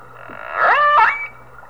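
Whale call: a brief tonal moan with rich harmonics that rises, holds level, then steps up again before fading.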